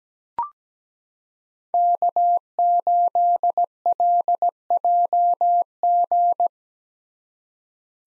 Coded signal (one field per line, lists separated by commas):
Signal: Morse code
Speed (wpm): 17 wpm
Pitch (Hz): 700 Hz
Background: none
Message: K8LJG